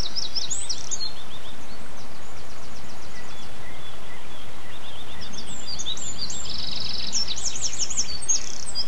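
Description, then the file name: Bird song: brief high trilled phrases at the beginning and a denser burst near the end, with a quiet hissy stretch between. Birdsong dated 11 04 07, recorded on an MZ-N710 device. "MZ-N 710 Chants d oiseaux 11 04 07"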